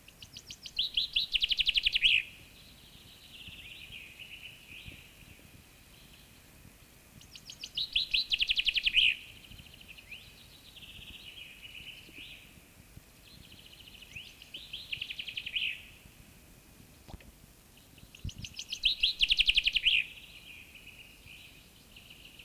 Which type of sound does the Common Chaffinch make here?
song